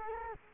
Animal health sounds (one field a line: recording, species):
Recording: mosquito wingbeat signal from an infrared sensor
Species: Culex quinquefasciatus